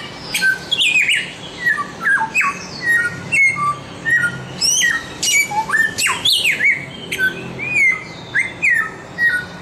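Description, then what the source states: Samyong song: bright rising and falling whistles mixed with sharp chirps and squawky notes, delivered in quick, busy bursts throughout. Masteran recording, meaning a training recording for songbirds.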